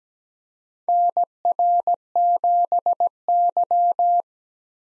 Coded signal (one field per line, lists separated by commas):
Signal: Morse code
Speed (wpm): 17 wpm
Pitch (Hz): 700 Hz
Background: none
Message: NR7Y